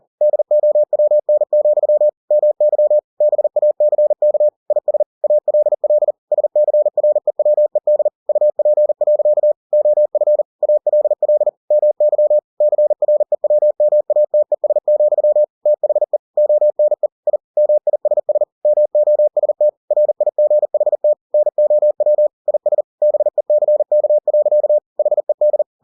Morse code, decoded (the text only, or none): DOWN, MY BACK IS ALL SCREWED UP. OF ALL MY CREWMATES, THE ONE I MISS MOST RIGHT NOW IS BECK. HED